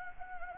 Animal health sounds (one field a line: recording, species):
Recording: mosquito wingbeat signal from an infrared sensor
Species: Anopheles gambiae